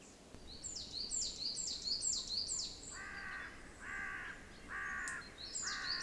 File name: Corvus corone